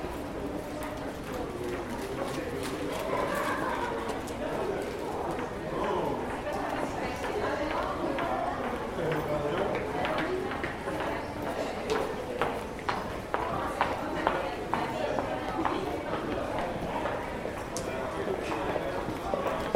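Rush-hour crowd moving through a narrow passage from the metro: a steady, dense murmur of many voices with constant footsteps tapping and clicking throughout. The footfalls grow sharper and more frequent in the second half, and the overall din stays level.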